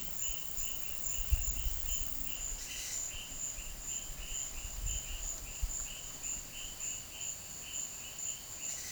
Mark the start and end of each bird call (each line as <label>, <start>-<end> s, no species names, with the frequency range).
bird call (1.9-8.8 kHz), 2.54-3.01 s